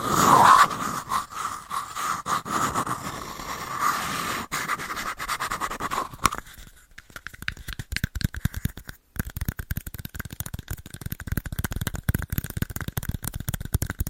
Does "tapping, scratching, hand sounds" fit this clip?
yes